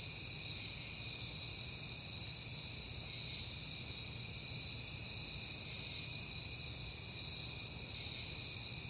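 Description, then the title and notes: Continuous shrill cricket chorus, several high trilling bands holding steady without pause, with a soft low hum underneath. Crickets at night in September, on a peaceful night. "Night Time: Crickets and Passing Cars. It is September and I have been hearing the crickets a lot, but finally had a peaceful night to make the recording"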